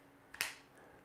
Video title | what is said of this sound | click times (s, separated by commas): Big time knife talk! LIVE LIVE!! | you can see how it snaps in place | 0.4 s